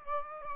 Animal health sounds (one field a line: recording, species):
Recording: mosquito wingbeat signal from an infrared sensor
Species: Aedes aegypti